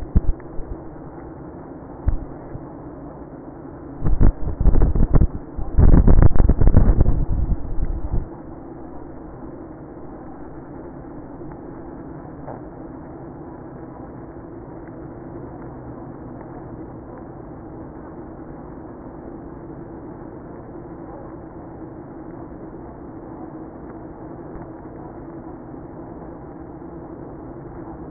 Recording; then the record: honeybee colony, microphone inside the hive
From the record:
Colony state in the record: queenless (queen removed); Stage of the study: after two queens were removed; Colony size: about 60,000 bees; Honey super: yes